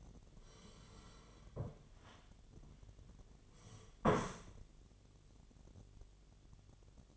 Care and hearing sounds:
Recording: daily activity, microphone in the room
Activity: sit down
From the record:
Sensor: 4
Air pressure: 1008.7 hPa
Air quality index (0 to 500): 170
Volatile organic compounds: 5 ppm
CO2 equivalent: 1710 ppm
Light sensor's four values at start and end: 23/72/27/26 and 23/72/27/26

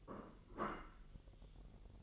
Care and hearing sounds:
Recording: daily activity, microphone in the room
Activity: place plate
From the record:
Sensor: 4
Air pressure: 1002.9 hPa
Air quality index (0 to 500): 248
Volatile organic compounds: 20 ppm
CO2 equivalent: 2689 ppm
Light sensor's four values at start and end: 5/12/4/5 and 5/12/4/5

